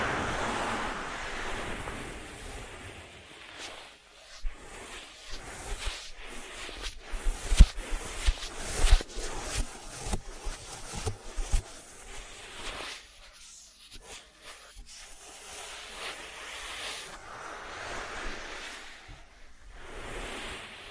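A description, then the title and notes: Close-up ASMR ear treatment sounds: soft, hissing rustles and crinkly brushing that swell and fade, with sharp crackly taps and clicks clustered between about 4 and 12 seconds. After a quieter dip near 13 seconds, gentler rubbing and sweeping noise returns and continues to the end. ASMR 3D Brain Penetrating Ear Treatment.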